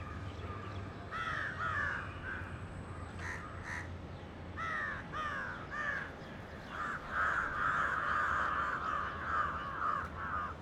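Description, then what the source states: Crows giving repeated harsh caws, about two per second, several birds overlapping into a continuous chorus toward the end, with a low rumble beneath. Crows recorded in Mumbai.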